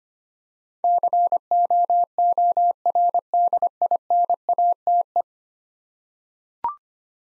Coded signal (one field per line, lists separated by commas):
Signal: Morse code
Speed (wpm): 25 wpm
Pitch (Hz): 700 Hz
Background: none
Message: COORDINATE